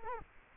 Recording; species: mosquito wingbeat signal from an infrared sensor; Culex quinquefasciatus